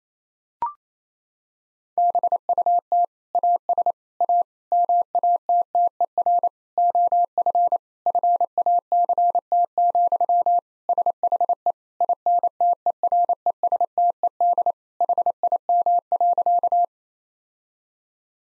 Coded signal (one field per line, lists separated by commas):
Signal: Morse code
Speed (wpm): 28 wpm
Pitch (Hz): 700 Hz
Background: none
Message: BUT AS A MATTER OF FACT, SHE INTERESTED HIM.